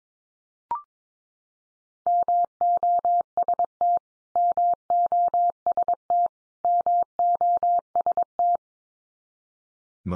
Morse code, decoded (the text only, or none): MOST MOST MOST